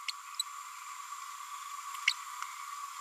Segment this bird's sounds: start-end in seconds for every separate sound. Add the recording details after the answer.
0.08-0.11, 2.07-2.13. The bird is a female. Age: 30 days. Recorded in a nest box in Venezuela. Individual 17B102A6